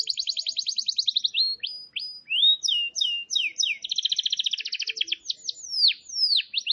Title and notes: Pikat Burung. kenari